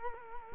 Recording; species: mosquito wingbeat signal from an infrared sensor; Culex quinquefasciatus